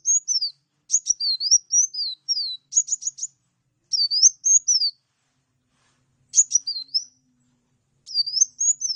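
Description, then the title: Bird singing bright, high-pitched phrases that dip and rise, mixed with rapid clicking stutters, repeated in bursts separated by short silences; nothing else audible. "Burung Campur"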